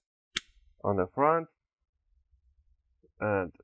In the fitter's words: the bottom cover make sure you hear all those clicks